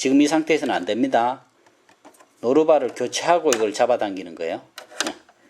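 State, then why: Not seated. Someone talks while handling the dual-feed (walking foot) lever on an Elna 740 sewing machine, with faint ticks around 1.7 to 2.2 s and a sharp tap near 5.0 s. The lever has not yet clicked into place.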